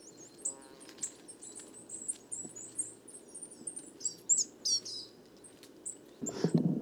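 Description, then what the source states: Many Coal tits calling together in rapid, overlapping high seeps and twittering notes, a rustling handling noise near the end. Roving flock of more than 50 Coal tits, evening, 29 September 2019, Les Casses, Drôme; recorded in mono with a Wildtronic parabolic reflector, whose weight caused heavy handling noise.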